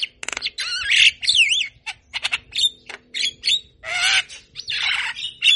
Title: Masteran & Pancingan Kicauan Jalak Kebo Gacor. Masteran Burung Jalak Kebo Gacor Manggut Manggut Bikin Burung Jalak Yang Dengar Cepat respon. Kicau Jalak Kebo